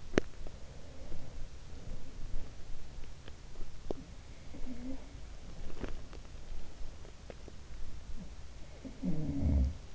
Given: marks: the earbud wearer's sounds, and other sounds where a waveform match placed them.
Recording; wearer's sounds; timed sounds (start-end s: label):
sounds in sleep by an in-ear microphone; teeth grinding
0.00-0.45 s: teeth grinding
3.74-4.17 s: teeth grinding
4.46-5.24 s: sound from someone else or the room
8.72-9.82 s: sound from someone else or the room